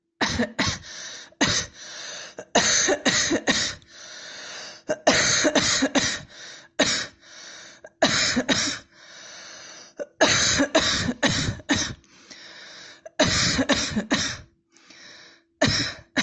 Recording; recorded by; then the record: voluntary cough; messaging app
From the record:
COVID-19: negative